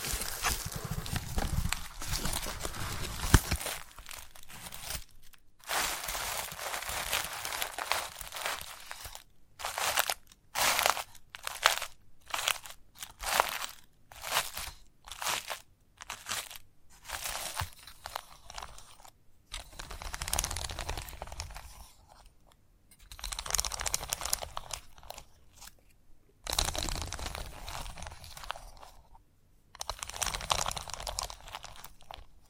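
Chalk scratching and carving close up, dry gritty strokes in quick bursts separated by brief silences, with a faint low rumble early on.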